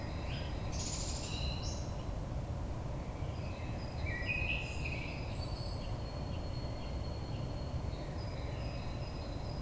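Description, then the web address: Common blackbird song with a squeaky high twitter early on, then a fluty warbled phrase, amid continuous low noise and thin high notes. Recorded on 22 May 2022. "oiseaux Merle 2022 05 22"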